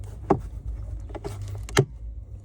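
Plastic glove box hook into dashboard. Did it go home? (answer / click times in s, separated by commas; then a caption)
yes / 0.3 s. A plastic glove box hook on a 2022-2026 Honda Civic is pulled upward with an index finger until it snaps securely into the dashboard, with a sharp snap at 0.3 s. Softer taps follow around 1.2 s and another sharp click at 1.8 s, over a low steady hum. The hook is seated.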